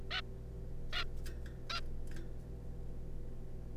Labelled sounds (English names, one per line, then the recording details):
Zebra Finch
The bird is a juvenile
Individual R3549